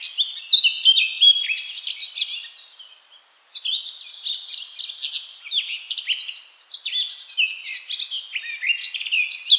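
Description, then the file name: Eurasian blackcap song: rapid, varied warbling of sweet and scratchy notes, with a short lull around three seconds before the chattering resumes. "Sylvia atricapilla"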